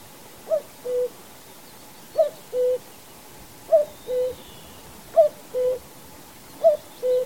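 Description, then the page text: Common Cuckoo song: a clear two-note cu-coo, the first note short and higher, the second lower and longer, repeated about every one and a half seconds. "Common Cuckoo #sound #singing #call. knut the bird nerd"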